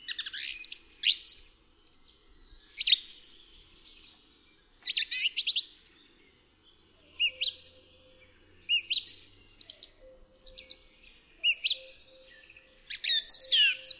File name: DROZD SPIEWAK